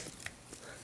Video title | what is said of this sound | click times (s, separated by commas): Transformers Prime Arms Micron GAIA UNICRON: EmGo's Transformers Reviews N' Stuff | gonna take this whole chest piece bring it down I will snap | 0.3 s